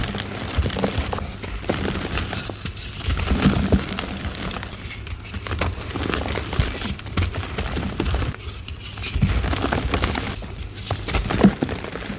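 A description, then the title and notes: Soft gym chalk is crumbled, giving a continuous run of dry, gritty crackles and small crisp snaps that thicken and thin over the twelve seconds. The crumbling is quiet and dense, with brief pauses near the two- and nine-second marks, over a faint low hum. Powdery Soft Dusty Reformed Gym Chalk Edit Compilation. Soft crispy powdery reformed gym chalk crumbles and oddly satisfying asmr sounds.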